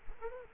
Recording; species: mosquito wingbeat signal from an infrared sensor; Culex quinquefasciatus